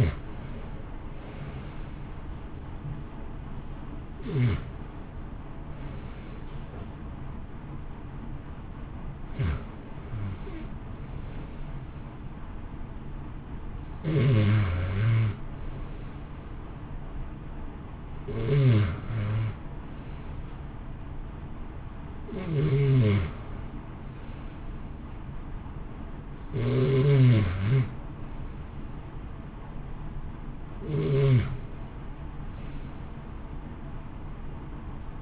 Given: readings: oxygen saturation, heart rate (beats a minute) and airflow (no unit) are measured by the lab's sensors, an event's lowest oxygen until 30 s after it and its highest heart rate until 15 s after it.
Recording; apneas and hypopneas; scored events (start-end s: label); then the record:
breathing in sleep by a smartphone at the bedside; none
none scored
From the record:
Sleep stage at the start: REM sleep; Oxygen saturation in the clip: 59 to 93%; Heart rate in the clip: 60 to 84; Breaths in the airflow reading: 9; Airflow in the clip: -1.5 to 1.3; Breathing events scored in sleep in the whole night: 328 in 6.3 hours asleep